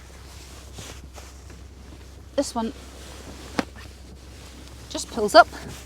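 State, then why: Not seated. The rear bench seat backrest of a Volkswagen campervan is being lifted back up after the bed is put away, on its way to latching into its upright locked position. Someone talks, with handling noises and a sharp tap around 3.6 s. Nothing has clicked or seated yet.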